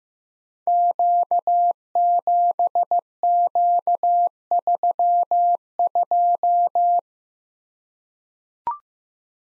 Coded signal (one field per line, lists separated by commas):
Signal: Morse code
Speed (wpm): 15 wpm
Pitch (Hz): 700 Hz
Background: none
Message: Q7Q32